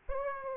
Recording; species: mosquito wingbeat signal from an infrared sensor; Aedes aegypti